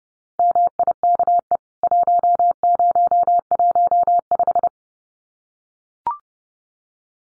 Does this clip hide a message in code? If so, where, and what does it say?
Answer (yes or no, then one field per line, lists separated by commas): yes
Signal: Morse code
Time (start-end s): 0.4-4.7 s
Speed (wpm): 30 wpm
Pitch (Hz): 700 Hz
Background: none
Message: MIKE 1015